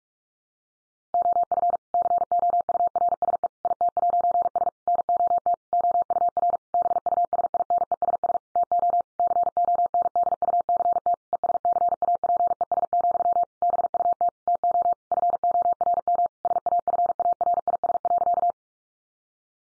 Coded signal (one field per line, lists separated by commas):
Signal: Morse code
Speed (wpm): 44 wpm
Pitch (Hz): 700 Hz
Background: none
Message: OF COURSE IT'S NOT OUR BUSINESS TO CONDUCT ESCAPES, BUT TO FORM SAFARIS.